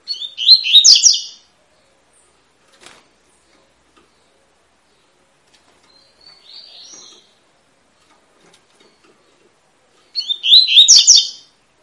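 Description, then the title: Double-collared seedeater song: two bright twittering phrases about ten seconds apart, separated by silence with a few faint notes between them. Tui-tui song style, fibra, of a bird used as a song teacher ('professor') for young birds. "COLEIRO TUI TUI FIBRA CANTO PROFESSOR"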